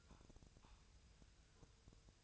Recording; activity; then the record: daily activity, microphone in the room; take from stove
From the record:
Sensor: 2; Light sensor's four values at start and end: 6/15/6/6 and 6/15/6/6